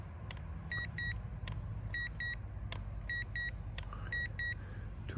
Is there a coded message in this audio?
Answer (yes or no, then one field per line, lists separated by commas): no